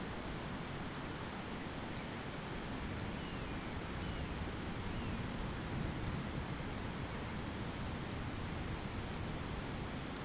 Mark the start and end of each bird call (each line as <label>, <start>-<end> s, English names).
Long-tailed Jaeger, 2.94-5.29 s